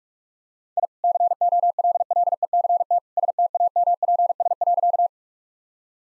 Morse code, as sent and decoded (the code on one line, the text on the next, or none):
.. / -.-. --- .-.. .-.. . -.-. - / ... - .- -- .--. ... .-.-.-
I COLLECT STAMPS.